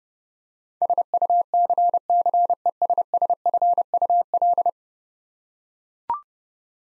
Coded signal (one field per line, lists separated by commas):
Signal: Morse code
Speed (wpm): 32 wpm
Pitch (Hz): 700 Hz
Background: none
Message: SUCCESSFUL